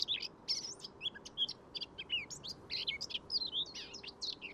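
Eurasian blackcap singing a hurried warble of varied high notes, continuing throughout over steady background noise.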